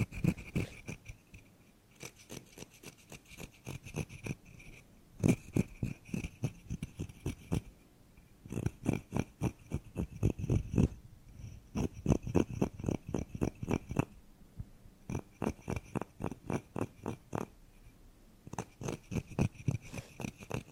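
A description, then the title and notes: Small scratching strokes rasp against a surface in quick, even runs of about four or five per second, broken by short pauses every few seconds. Dry, with a bright edge over each stroke's low thump. TimASMR-Mini Scratching on Carpet, Wood, PVC, and more (NO TALKING).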